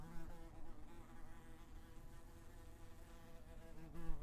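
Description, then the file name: Wasp wing buzz: a sustained low drone with layered overtones, swelling and fading slightly over four seconds. Buzzing while flying around. "freesound wasp buzzing around"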